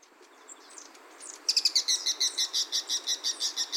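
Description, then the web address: Bird calling, a soft scratchy start followed by a fast series of high, sharp ticking notes for over two seconds. 7 October 2021, Noda. "20211007 野田小東縁"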